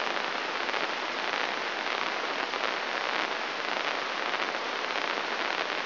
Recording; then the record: brain microelectrode recording played as sound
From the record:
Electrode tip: inside the subthalamic nucleus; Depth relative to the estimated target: -1 mm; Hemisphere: right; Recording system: AlphaMap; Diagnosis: Parkinson's disease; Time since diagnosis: 24 years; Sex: male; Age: 67 years